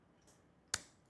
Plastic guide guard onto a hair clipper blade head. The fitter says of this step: There we go. You could hear it click, and then you could use it with the guard.